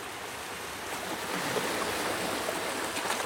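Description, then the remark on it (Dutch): Continuous watery swishing and lapping as a person swims in the sea at a small, empty beach on a sunny day: a steady hiss of moving water with soft splashes swelling slightly midway, no voices. “Met een diepe plons spring ik het water in.”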